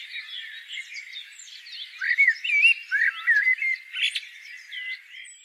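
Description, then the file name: Common blackbird giving a quiet, jumbled twitter that swells into a louder run of short whistled and chuckling notes, then fades back to soft chatter. "Turdus merula"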